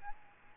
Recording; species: mosquito wingbeat signal from an infrared sensor; Aedes albopictus